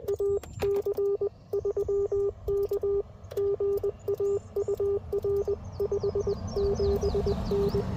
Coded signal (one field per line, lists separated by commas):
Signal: Morse code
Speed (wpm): 20 wpm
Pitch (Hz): 400 Hz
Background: none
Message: AC3K GA UR 57N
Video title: My first visit to Shiloh National Battlfield - POTA